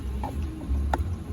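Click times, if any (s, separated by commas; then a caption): 0.9 s. The fuel cap or fuel filler door on a 2023 Honda Passport AWD SUV is worked by hand over a low, steady rumble, with a softer tick at about 0.2 s. A sharp, bright click at 0.9 s marks the cap or door locking in place.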